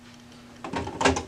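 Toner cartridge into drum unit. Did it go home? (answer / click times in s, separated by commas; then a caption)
no / none. A new plastic toner cartridge is being pushed into a new DR620 drum unit for a Brother HL-5370 laser printer. After a faint steady hum, plastic handling and scraping start around 0.6 s and grow louder near 1.0–1.2 s. The cartridge has not clicked into place yet.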